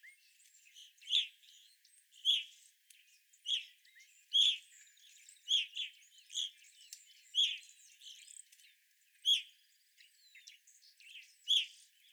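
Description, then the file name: Evening grosbeak calls: strong, clear chirps spaced roughly one second apart, with quieter overlapping notes and light high-pitched chatter behind them. Several evening grosbeaks recorded on 25 April 2021. "2021-04-25 Evening Grosbeaks"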